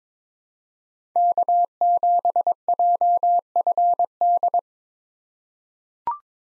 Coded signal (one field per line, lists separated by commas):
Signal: Morse code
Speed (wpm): 22 wpm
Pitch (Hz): 700 Hz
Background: none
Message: K7JFD